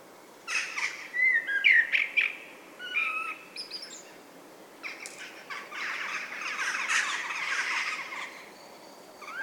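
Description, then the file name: Common blackbird singing mellow fluted notes followed by scratchy twittering, then a long stretch of dense chirping. "Turdus merula"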